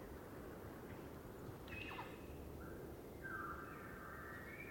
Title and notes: Elk Bull Roars Closer And Far With Challenges, Galloping, And Clashing Antlers. morning of September 18, starting pre-dawn. It was rutting season in the Colockum Wildlife area